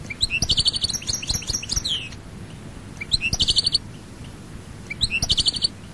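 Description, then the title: European goldfinch song: bursts of rapid, tinkling high twitters and buzzy trills, three phrases separated by short pauses. "Chant Chardonneret"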